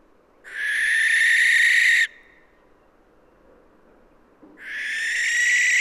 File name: Western Barn Owl Tyto alba